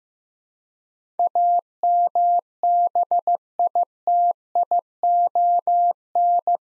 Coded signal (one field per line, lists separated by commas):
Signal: Morse code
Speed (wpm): 15 wpm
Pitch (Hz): 700 Hz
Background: none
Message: AMBITION